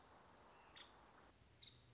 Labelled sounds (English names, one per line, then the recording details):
Nuttall's Woodpecker
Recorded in Sonoma County, California